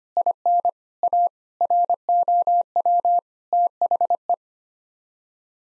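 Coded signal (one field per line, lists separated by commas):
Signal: Morse code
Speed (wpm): 25 wpm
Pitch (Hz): 700 Hz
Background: none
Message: IN A ROW THE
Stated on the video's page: Morse practice sending sets of 8-word groups at 25 wpm for head-copy, each set sent, spoken, then sent again.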